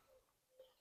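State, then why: Not seated. A cable on a 2010–2016 BMW F10 5 Series is routed underneath and handled at its plug on the blower resistor during a blower motor replacement. Faint, soft handling noises and a brief slightly louder tick around 0.6 s are heard. Nothing has seated or clicked yet.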